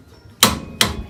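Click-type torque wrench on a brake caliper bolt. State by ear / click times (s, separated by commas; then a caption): torque reached / 0.4 s, 0.8 s. A click-type torque wrench set to 90 ft-lb tightens a caliper bolt on a truck brake. Two sharp, bright clicks ring out over a quiet background at 0.4 s and 0.8 s. The wrench clicks at its setting, confirming the bolt has reached 90 ft-lb.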